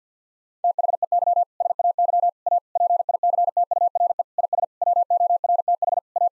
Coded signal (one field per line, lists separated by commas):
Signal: Morse code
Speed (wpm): 50 wpm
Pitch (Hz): 700 Hz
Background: none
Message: THEY SAY A PICTURE IS WORTH A